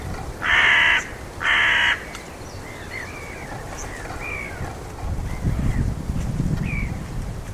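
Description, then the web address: Bird giving two harsh, loud caws in quick succession, then fainter scattered chirps over low rumbling background noise. "Deverinetal 2025 File origin Bird Only"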